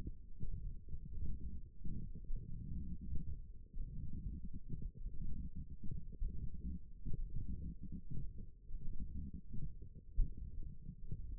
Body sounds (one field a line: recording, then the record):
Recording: forearm muscle sounds (acoustic myography)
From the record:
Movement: ulnar deviation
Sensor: system 1, eight BSWA MPA416 microphones around the upper forearm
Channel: 1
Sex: male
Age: 42 years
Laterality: right